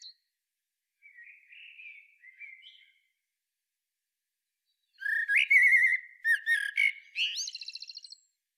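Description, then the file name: Common blackbird: a soft muted warble first, then after a silent gap a loud fluted phrase finishing in a rapid, rattling high twitter. "Turdus merula"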